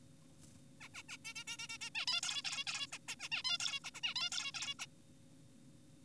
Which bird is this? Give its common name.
Zebra Finch